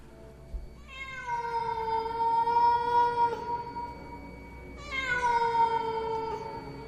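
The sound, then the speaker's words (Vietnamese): A feral cat yowls outside around a village at about 8 pm, in two long, drawn-out, mournful wails, each a sustained wavering cry with a slight downward slide, separated by a short pause. No voices accompany it. “Ở bên ngoài phụ cận quanh thôn vang lên tiếng mèo kêu đến thê lương, nghe vào mà rợn hết cả người.”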